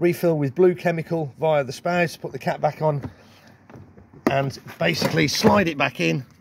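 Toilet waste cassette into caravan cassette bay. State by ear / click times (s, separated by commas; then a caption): not seated / none. A caravan toilet waste cassette, emptied and refilled with blue chemical and with its cap put back on, is being handled to slide back into its compartment in the caravan cassette bay while someone talks. Two faint, brief knocks come around 3.7 s during a quiet pause, and the clip ends before the cassette goes home, so nothing has seated or clicked yet.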